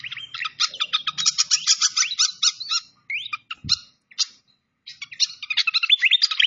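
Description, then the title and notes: Malaysian pied fantail song of quick high squeaks and chips in rapid runs, broken by a brief pause and a soft knock, then resuming busily. Masteran (bird-training recording) of clear-voiced song, mixed with the sound of gurgling flowing water. "Masteran Sikatan Kipas Suara Jernih Dan Suara Gemericik Air. Suara Burung Sikatan Londo"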